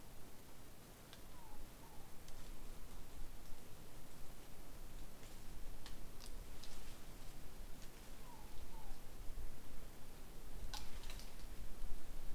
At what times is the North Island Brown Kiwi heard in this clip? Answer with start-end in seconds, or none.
none